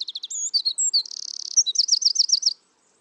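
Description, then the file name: Eurasian wren singing a brisk, high sequence: quick chips, a steady buzzing trill, then a rapid series of repeated notes before it stops. "Troglodytes troglodytes"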